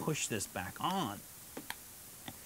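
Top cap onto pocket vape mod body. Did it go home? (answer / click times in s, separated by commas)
yes / 1.7 s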